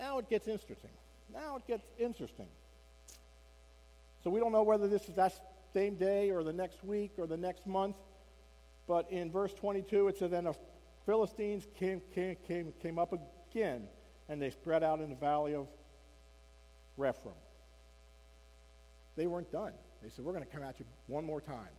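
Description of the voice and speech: Adult male speaker with a speech impediment, saying he does not talk like everybody else. His speech has stuttering-like repetitions: he repeats a whole opening phrase and a word several times in a row. Frequent pauses break up his phrases.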